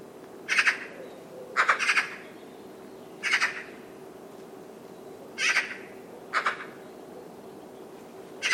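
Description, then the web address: Bird calls: raspy, scratchy notes, often doubled, repeated about every second or two over a steady low hum. "cianscape birddata Deverinetal 2025"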